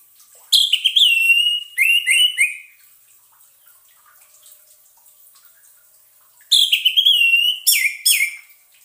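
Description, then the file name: Orange-headed thrush song in two separate bursts of varied, liquid whistled notes, each about two seconds long, with a quiet gap between them. Used as a lure sound, intended to keep the bird from becoming stressed. "suara pancingan burung anis merah agar tidak stress"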